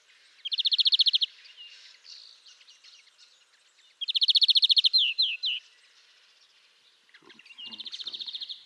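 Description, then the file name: European greenfinch singing buzzy, rapid trills every few seconds, one trailing into a few descending notes, with faint soft twitters in the gaps. "Chloris chloris"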